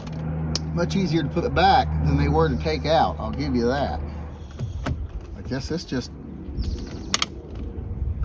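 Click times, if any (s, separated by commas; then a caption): 7.1 s, 7.2 s. A plastic steering wheel trim piece on a Gen6 Camaro is pressed back on while someone talks. It snaps into place with two sharp clicks at 7.1 s and 7.2 s, and the trim is seated.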